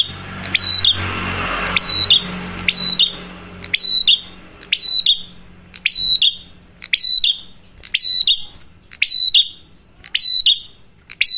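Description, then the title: Prinia song of bright, ringing high notes ending in a short buzzy slur, repeated roughly every second; a brief rushing noise near the start. Loud duet of fluent (gacor) singing cililin and kapas tembak, used for luring wild birds or training cage birds (masteran). "Masteran Duet Cililin Vs Kapas Tembak. Prenjak Gacor. Ngalun Kencang, Ampuh Banget Buat Pikat Ataupun Masteran"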